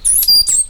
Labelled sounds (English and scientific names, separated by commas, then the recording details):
Stitchbird (Notiomystis cincta) song
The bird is a male
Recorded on Tiritiri Matangi Island, New Zealand, in 2005
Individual 8, of nest box 10